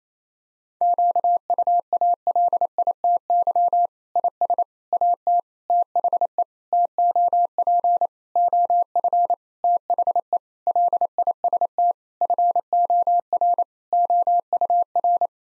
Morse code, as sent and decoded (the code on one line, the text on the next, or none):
--.- ..- .- .-.. .. - -.-- / .. ... / .- - / - .... . / - --- .--. / --- ..-. / - .... . / .-.. .. ... - / ..-. --- .-. / --- ..- .-.
QUALITY IS AT THE TOP OF THE LIST FOR OUR